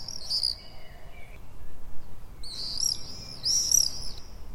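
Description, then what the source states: Common swift calls: a short high shriek, a pause with a faint thin whistle, then two more piercing, buzzy screams near the end. Common swift calls, recorded 6 June 2014.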